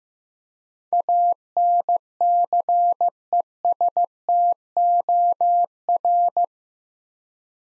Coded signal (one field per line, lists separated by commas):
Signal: Morse code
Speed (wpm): 15 wpm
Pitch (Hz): 700 Hz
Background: none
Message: ANCESTOR